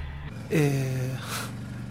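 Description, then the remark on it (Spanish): Mechanical sounds of a car being worked on, at the opening of a rock album: a low steady hum, then a loud droning tone that dips slightly in pitch, followed by a short hissing burst, with no talking. “También no entendía nada cuando el disco arranca con sonido como de alguien arreglando un auto.”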